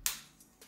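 The plastic lid of an AirPods 2 earbud charging case is clicked shut onto the case body to show that the click is a sign the case is genuine. A sharp, bright click lands at 0.1 s, followed by two much fainter ticks at about 0.4 s and 0.6 s. The lid seats closed, and all is fine.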